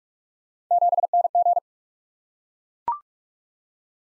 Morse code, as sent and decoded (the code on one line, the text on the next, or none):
--... -. --.
7NG